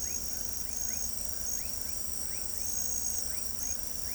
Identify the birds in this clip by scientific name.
none